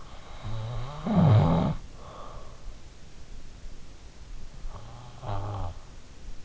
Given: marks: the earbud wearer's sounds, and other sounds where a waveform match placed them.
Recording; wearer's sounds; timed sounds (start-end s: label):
sounds in sleep by an in-ear microphone; snoring breath
0.17-2.86 s: snoring breath
4.46-6.45 s: snoring breath